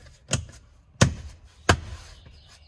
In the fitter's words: and it snaps back in and fits just great.